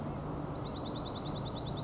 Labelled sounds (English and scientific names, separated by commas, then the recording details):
Blue-gray Gnatcatcher (Polioptila caerulea)
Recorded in Sonoma County, California